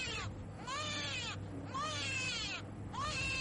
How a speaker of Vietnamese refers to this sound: Sinh rồi, sinh rồi! Theo một tiếng bà lão gọi, tiếng trẻ con khóc nỉ non.